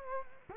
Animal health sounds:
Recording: mosquito wingbeat signal from an infrared sensor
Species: Culex quinquefasciatus

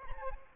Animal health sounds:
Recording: mosquito wingbeat signal from an infrared sensor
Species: Aedes albopictus

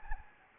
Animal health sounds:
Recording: mosquito wingbeat signal from an infrared sensor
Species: Anopheles gambiae

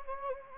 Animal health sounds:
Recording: mosquito wingbeat signal from an infrared sensor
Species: Anopheles gambiae

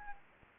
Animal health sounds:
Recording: mosquito wingbeat signal from an infrared sensor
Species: Anopheles gambiae

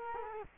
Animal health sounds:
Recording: mosquito wingbeat signal from an infrared sensor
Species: Culex quinquefasciatus

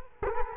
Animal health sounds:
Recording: mosquito wingbeat signal from an infrared sensor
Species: Culex quinquefasciatus

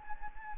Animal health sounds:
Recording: mosquito wingbeat signal from an infrared sensor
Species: Anopheles gambiae

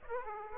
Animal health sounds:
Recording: mosquito wingbeat signal from an infrared sensor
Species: Aedes aegypti

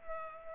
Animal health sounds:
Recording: mosquito wingbeat signal from an infrared sensor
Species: Culex pipiens

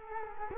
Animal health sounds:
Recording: mosquito wingbeat signal from an infrared sensor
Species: Culex quinquefasciatus

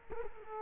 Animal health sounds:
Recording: mosquito wingbeat signal from an infrared sensor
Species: Culex quinquefasciatus

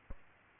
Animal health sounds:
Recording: mosquito wingbeat signal from an infrared sensor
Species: Aedes albopictus

